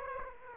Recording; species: mosquito wingbeat signal from an infrared sensor; Aedes aegypti